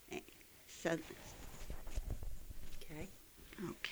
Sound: disturbance to the microphone

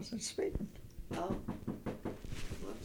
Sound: knock on the door

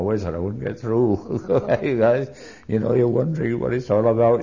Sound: he laughs

